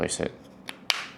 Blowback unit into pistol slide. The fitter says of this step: Place it straight into the slide until it clicks.